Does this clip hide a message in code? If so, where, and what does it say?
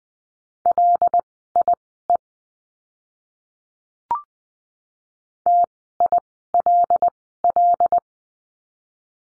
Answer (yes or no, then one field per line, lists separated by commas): yes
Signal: Morse code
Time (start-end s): 0.7-8.0 s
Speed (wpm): 20 wpm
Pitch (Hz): 700 Hz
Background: none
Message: LIE TILL